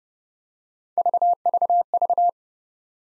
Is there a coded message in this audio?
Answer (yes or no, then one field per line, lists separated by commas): no